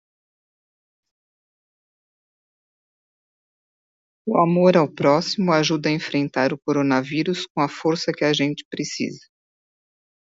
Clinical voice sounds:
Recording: spoken sentence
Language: Brazilian Portuguese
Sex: female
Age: 50 to 59 years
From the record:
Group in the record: control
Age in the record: 57 years

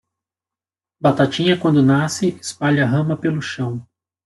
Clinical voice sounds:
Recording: short text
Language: Brazilian Portuguese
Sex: male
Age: 40 to 49 years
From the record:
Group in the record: control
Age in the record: 49 years

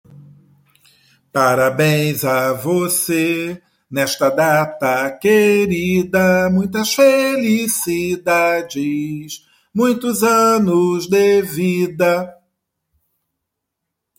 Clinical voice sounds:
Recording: short text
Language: Brazilian Portuguese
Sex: male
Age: 50 to 59 years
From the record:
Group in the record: control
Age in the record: 53 years

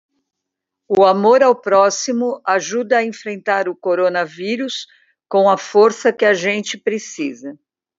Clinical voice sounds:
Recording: spoken sentence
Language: Brazilian Portuguese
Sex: female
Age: 60 to 69 years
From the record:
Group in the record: control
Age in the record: 63 years

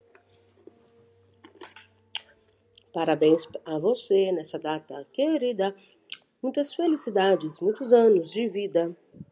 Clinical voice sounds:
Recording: short text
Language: Brazilian Portuguese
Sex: female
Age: 40 to 49 years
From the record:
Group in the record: control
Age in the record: 46 years

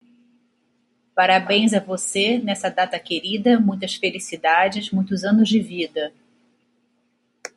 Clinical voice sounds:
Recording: short text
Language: Brazilian Portuguese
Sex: female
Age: 50 to 59 years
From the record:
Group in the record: control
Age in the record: 52 years

